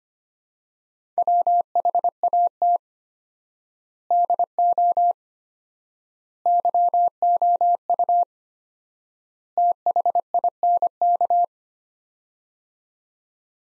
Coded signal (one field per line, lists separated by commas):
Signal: Morse code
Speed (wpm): 25 wpm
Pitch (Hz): 700 Hz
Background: none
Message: WHAT DO YOU THINK